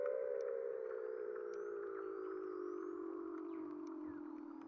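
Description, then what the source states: Weddell seal call: a long, steady tone sliding slowly downward for several seconds, with faint high chirps flickering above it. Antarctica.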